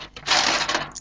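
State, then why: Not seated. A power supply cable connector is handled at the top edge of a motherboard, about to be pushed onto its header. Brief rustling and scraping with a sharp tick at 0.2 s and another at 1.0 s. Nothing has seated or clicked yet.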